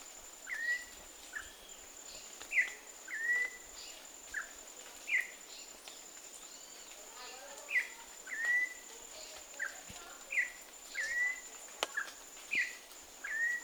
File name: Campo Troupial